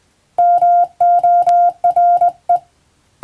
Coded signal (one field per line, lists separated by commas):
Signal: Morse code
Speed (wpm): 20 wpm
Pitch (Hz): 700 Hz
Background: none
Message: MORE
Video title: プロの通信士！モールス符号を送信する無線通信士という職業があります。国家試験でモールスの実技試験を受けて免許を取得します。当時はアマチュア無線も大流行しましたね。morse code practice